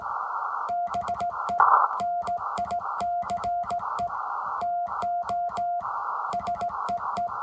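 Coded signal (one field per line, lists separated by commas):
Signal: Morse code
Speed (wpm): 16 wpm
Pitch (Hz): 700 Hz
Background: none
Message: BE NICE TO SEE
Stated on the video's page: Amateur radio Morse contact on Memorial Day using a Ten-Tec 506 Rebel.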